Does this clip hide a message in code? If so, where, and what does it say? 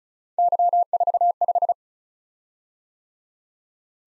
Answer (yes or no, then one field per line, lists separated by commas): yes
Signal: Morse code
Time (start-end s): 0.4-1.7 s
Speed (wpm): 36 wpm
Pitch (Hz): 700 Hz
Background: none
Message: Y45